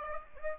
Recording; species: mosquito wingbeat signal from an infrared sensor; Aedes aegypti